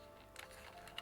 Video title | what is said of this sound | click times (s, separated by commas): Hot Toys Spider-Man - Green Goblin UPGRADED SUIT No Way Home 1/6th scale Unboxing & Review | Yeah, so once you heard that click, I think that's it, meaning it's already attached to the | 1.0 s